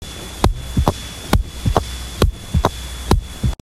Stethoscope Landmarks Prosthetic Heart Sound Mitral.